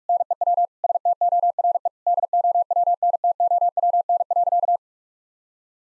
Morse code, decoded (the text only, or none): NEW STORE DOWNTOWN.